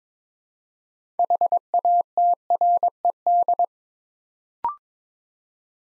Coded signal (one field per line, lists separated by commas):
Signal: Morse code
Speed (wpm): 22 wpm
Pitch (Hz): 700 Hz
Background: none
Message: HATRED